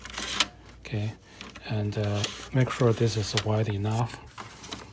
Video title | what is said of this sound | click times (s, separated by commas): How to setup and run a Modified MX490/ TR4500 with Ink Tank | You need to pull this whole tray out until it clicks, and | 0.4 s